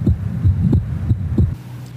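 Normal heart sounds of a healthy adolescent, heard through a stethoscope: low-pitched, regular heartbeats.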